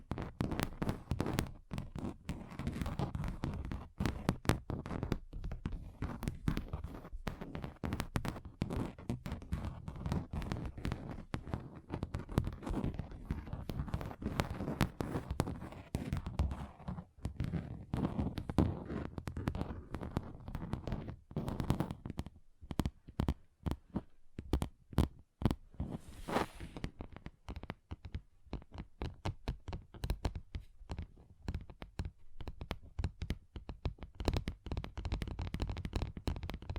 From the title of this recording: Table Tapping Different Surfaces